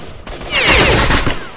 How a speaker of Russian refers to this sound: Артем не растерялся, схватил мою винтовку и, стоя в полный рост, выпустил одну за одной 4 пули.